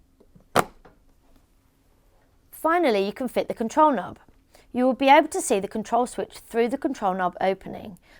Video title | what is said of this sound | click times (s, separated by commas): Karcher Control Knob Replacement - EASY to do Yourself! | remember to align the flat sides so that they can lock into place | 0.6 s